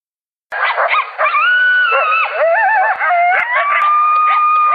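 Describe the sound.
Coyotes in a group chorus: a burst of high yips and yelps, then several overlapping wavering howls that slide and hold steady, with more yips breaking through toward the end.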